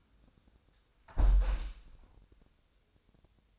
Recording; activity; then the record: daily activity, microphone in the room; close window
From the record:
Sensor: 2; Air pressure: 1000.3 hPa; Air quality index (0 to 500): 132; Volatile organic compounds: 2 ppm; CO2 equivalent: 1104 ppm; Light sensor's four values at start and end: 11/31/12/14 and 11/31/12/14